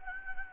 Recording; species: mosquito wingbeat signal from an infrared sensor; Anopheles gambiae